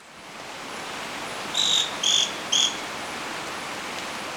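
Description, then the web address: Scale-crested pygmy-tyrant giving three short, sharp, high notes in quick succession midway through, over a steady hiss of background noise. Recorded in Ecuador. "Birds of Ecuador 3 Scale-Crested Pygmy-Tyrant"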